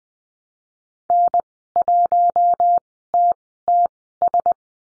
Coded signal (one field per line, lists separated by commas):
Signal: Morse code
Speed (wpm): 20 wpm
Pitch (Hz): 700 Hz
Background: none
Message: N1TTS